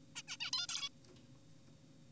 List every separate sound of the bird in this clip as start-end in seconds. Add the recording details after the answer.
0.16-0.22, 0.28-0.37, 0.41-0.51, 0.53-0.67, 0.69-0.89. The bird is an adult. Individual g4p5U